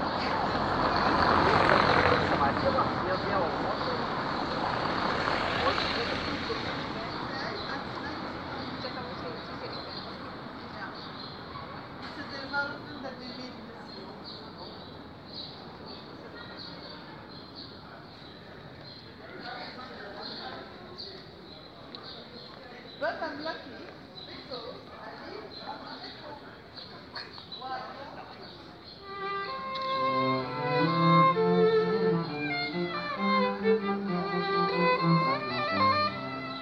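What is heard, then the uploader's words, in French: Street music in a busy city, with a vehicle rushing past loudly in the first few seconds. Voices and traffic murmur through the middle, then from about half a minute a melodic tune rises clearly and plays on to the end. Paris. Musique dans la rue.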